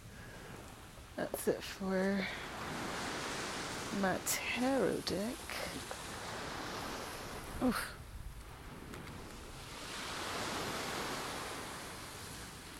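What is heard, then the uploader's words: Morning at the beach with a steady wash of surf, brief voices and clicks near two and five seconds, and a swelling wave after ten. An absolutely magical morning at the beach.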